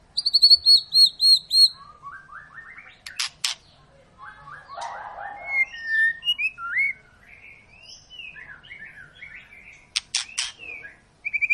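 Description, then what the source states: White-rumped shama song starting with a rapid series of high ringing notes, then mellow varied whistles, soft chatter and sharp clicks. Long, actively singing (gacor) lure song, used to prompt birds to sing.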